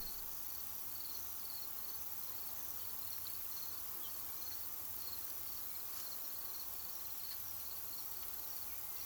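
Crickets chirping in steady pulsed trains, two layered high-pitched rhythms repeating without pause over a constant background hiss.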